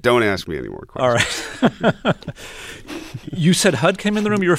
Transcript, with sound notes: Don't ask me anymore questions.
All right. (Soundbite of laughter) You said Hudd came in the room.